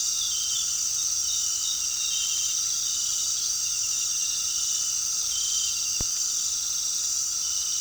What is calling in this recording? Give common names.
none